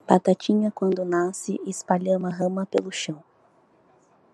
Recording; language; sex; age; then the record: short text; Brazilian Portuguese; female; 20 to 29 years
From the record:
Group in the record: control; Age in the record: 25 years